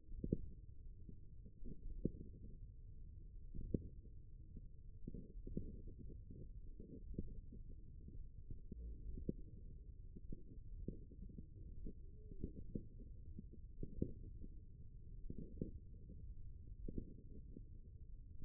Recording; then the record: forearm muscle sounds (acoustic myography)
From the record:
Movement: index flexion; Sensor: system 1, eight BSWA MPA416 microphones around the upper forearm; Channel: 7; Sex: male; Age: 54 years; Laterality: right